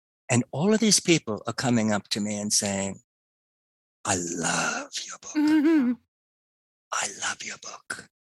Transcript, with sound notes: and all of these people are coming up to me and saying, (in a whisper) "I love your book. I love your book."